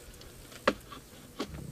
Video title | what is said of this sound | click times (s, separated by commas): Sentaero v2VTOL Unedited Demo with MOC | okay same thing with this when it clicks in place you know it's there and we'll just tug to make sure that they're fully | 0.7 s